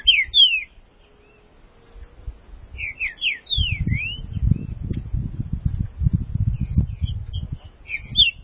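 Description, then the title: Green-winged saltator whistled phrases, swooping slurred notes given twice, with a loud low rumbling noise filling the second half. "Trinca Ferro"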